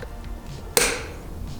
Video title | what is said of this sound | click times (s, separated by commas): Getting Truck to Run Engine Build Budget Build Nissan Titan V8 | oh nice click on that one | 0.8 s